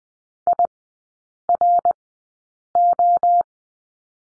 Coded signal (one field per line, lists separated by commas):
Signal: Morse code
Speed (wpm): 20 wpm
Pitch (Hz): 700 Hz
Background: none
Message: IRO